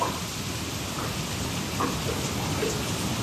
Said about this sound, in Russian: Погода испортилась. В темноте шелестел дождик.